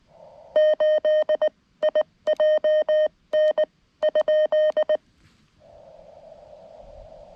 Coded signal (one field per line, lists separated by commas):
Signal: Morse code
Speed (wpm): 19 wpm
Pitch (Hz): 620 Hz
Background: none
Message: 8IJN?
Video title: CW POTA at K-5221 with my lightweight complete QRP field activation kit